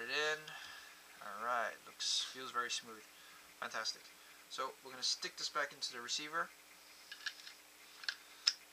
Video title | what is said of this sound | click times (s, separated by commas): Tiberius Arms T8.1 Direct Remote Line Air Adapter Kit Installation Fail Paintball | and just push it in just push it in until it snaps in just | 8.5 s